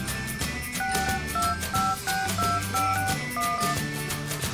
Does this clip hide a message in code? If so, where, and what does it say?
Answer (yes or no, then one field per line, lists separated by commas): yes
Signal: DTMF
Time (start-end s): 0.8-3.7 s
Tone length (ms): 230 ms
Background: music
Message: 62562561